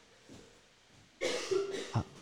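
An adult woman coughs, then coughs again.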